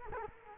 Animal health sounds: mosquito wingbeat signal from an infrared sensor; Culex quinquefasciatus

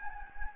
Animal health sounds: mosquito wingbeat signal from an infrared sensor; Anopheles gambiae

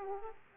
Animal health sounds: mosquito wingbeat signal from an infrared sensor; Aedes aegypti

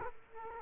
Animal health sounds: mosquito wingbeat signal from an infrared sensor; Culex quinquefasciatus

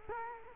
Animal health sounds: mosquito wingbeat signal from an infrared sensor; Culex quinquefasciatus

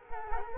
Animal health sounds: mosquito wingbeat signal from an infrared sensor; Culex quinquefasciatus

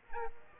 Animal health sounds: mosquito wingbeat signal from an infrared sensor; Aedes aegypti

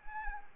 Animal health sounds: mosquito wingbeat signal from an infrared sensor; Anopheles arabiensis

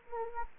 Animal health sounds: mosquito wingbeat signal from an infrared sensor; Anopheles gambiae

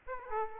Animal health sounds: mosquito wingbeat signal from an infrared sensor; Aedes aegypti

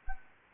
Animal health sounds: mosquito wingbeat signal from an infrared sensor; Anopheles gambiae

